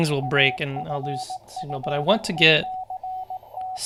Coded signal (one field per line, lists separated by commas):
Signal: Morse code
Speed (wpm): 18 wpm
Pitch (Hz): 750 Hz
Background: speech, radio noise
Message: AFFECT